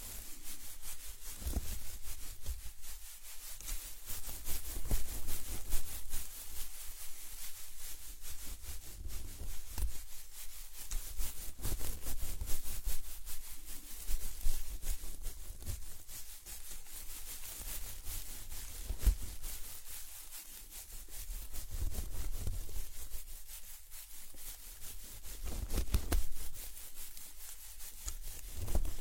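Plants are rubbed in circles around the ears, a steady scratchy rustling that swells and eases in slow, repeating sweeps every few seconds.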